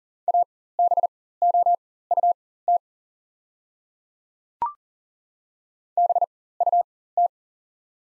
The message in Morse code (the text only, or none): ABOUT BUT